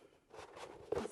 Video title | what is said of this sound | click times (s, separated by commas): Storage Deals! | Clicks in place. You hear that click? You can feel it as well. | 0.9 s